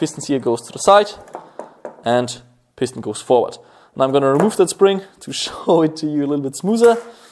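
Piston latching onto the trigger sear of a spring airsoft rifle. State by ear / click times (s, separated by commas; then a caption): not seated / none. Someone talks while handling the piston and trigger sear of a spring-powered airsoft bolt-action rifle, about to remove the spring so the piston can be pulled back along the spring guide until it catches on the trigger unit. The clip is almost entirely speech with no distinct mechanical click. Nothing has seated or clicked yet when it ends.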